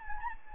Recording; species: mosquito wingbeat signal from an infrared sensor; Anopheles gambiae